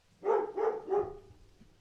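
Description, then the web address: Dog gives three quick barks in close succession, with faint low rumble behind. "animals dog barking"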